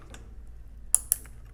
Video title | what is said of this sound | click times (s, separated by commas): Intel i7 12700 12th GEN 12 core - Review & How to Install + Test | you'll hear the click | 0.9 s, 1.1 s